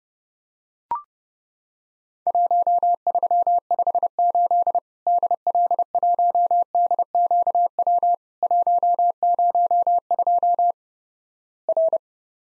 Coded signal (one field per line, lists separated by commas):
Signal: Morse code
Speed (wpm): 32 wpm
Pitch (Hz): 700 Hz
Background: none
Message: 1358 DL1DQW 102 R